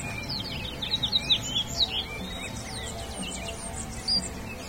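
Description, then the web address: Bird calls: a brisk series of high, slurred chirps in the first two seconds, then softer twitters over a low hum. "BIRD 2015 SABIOD 50 bird 2015"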